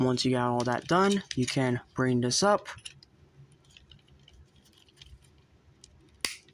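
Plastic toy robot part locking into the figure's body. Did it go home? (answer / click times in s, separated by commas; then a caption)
yes / 6.2 s. Someone talks, then soft plastic clicks and handling sounds follow as a section of a plastic Transformers Studio Series Gamer Edition 02 Deluxe Class WFC Barricade action figure is brought up during its transformation. The part is pushed all the way and snaps into place with a sharp, loud click at 6.3 s, locking the other parts of the figure's body in.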